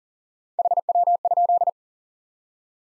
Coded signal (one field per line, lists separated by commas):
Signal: Morse code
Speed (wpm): 40 wpm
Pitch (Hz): 700 Hz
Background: none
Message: HW?